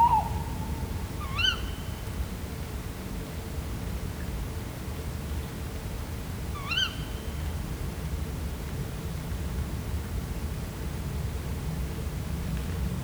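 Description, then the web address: Tawny owl calls: a brief steady tone at the start, then two upswept harmonic calls about five and a half seconds apart over a constant low rumble. Two tawny owls recorded in nature at Vizhaz, Hungary, in 2015, with a cardioid microphone. "allathangok termeszetben macskabagoly 2015 kettomacskabagoly vizhaz"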